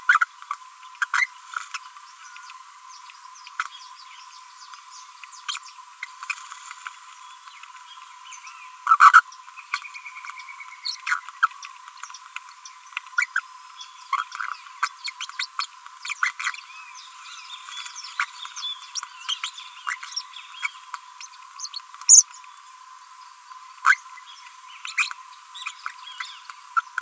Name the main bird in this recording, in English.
Green-rumped Parrotlet